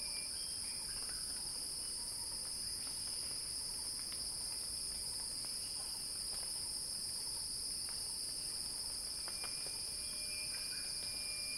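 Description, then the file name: Shrill cicada buzzing, constant and layered in two high tones, with occasional soft clicks in the background. Cicada song building as a crescendo. "earth-fm Axel-Drioli Cicada-Crescendo-Sounding-Wild"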